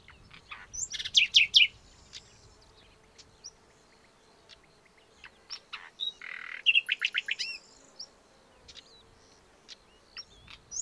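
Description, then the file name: Common nightingale song: a few short bursts of high, sharp whistled notes and trills, with scattered faint clicks between phrases. "Luscinia megarhynchos"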